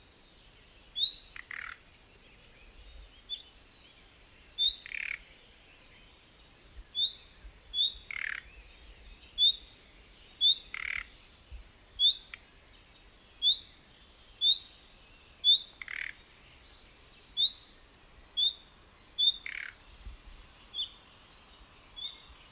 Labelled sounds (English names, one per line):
Common Nightingale alarm call